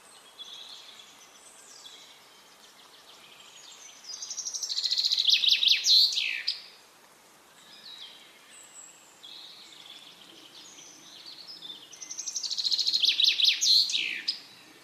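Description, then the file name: Common chaffinch song: two full phrases about eight seconds apart, each a bright descending trill that speeds up and ends in an emphatic flourish, with faint other bird notes between. "Fringilla coelebs"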